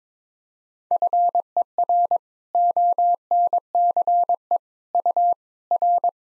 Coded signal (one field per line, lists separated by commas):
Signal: Morse code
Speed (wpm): 22 wpm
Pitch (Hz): 700 Hz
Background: none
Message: FER ONCE U R